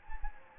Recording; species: mosquito wingbeat signal from an infrared sensor; Anopheles gambiae